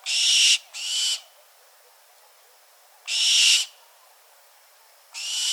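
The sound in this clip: Bird calling with breathy, grating screeches: a quick pair, a pause of two seconds, then another single screech and the start of one more.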